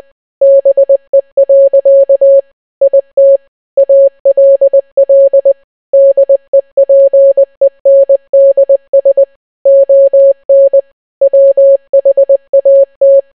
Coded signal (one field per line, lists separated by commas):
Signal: Morse code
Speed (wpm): 20 wpm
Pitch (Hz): 550 Hz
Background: none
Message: BE. IT ALL DEPENDS ON WHAT